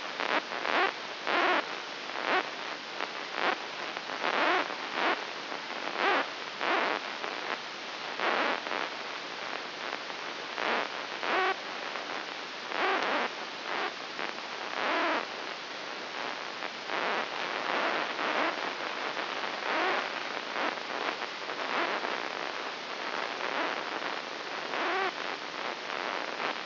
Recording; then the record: brain microelectrode recording played as sound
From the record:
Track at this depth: inside the subthalamic nucleus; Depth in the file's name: 2.804 mm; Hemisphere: right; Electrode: 3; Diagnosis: Parkinson's disease